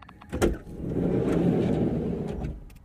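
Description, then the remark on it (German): A white VW T4 bus's sliding door: a sharp clack, then a steady low rolling rumble as it slides along its track for about two seconds, ending in a few light clicks. No one speaks. “Außen ist das Auto weiß. Das ist ein T4 VW-Bus.”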